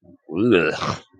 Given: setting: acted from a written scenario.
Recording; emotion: vocal sound without words; disgust